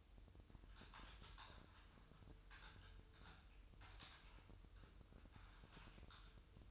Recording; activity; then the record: daily activity, microphone in the room; typing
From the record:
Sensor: 2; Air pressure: 988.6 hPa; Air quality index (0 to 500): 202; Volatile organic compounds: 265 ppm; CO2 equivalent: 4400 ppm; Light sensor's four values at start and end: 21/74/28/28 and 21/74/28/28